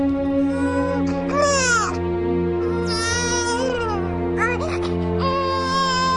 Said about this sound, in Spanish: Solo existía allí una bolsa de basura. La abrió y en su interior se dio cuenta que era el llanto de un bebé.